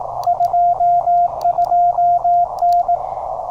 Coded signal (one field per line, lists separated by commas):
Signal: Morse code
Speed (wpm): 18 wpm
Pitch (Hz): 700 Hz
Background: radio noise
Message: 22N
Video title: Toughing it out with the Penntek TR-35! #qrp #hamradio #cw #morsecode